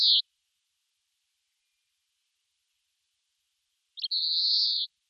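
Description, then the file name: European greenfinch wheeze: the tail of one buzzy note, then a long quiet gap and a full, level, nasal wheeze with a clipped start. "Chloris chloris"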